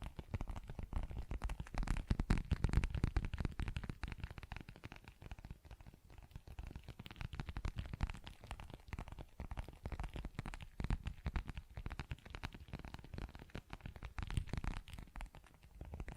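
ASMR tapping and scratching: a dense, fast run of small clicks and scrapes that continues without pause for the whole clip. The sound is weighted toward low thuds, with louder, heavier bursts near the start and again close to the end.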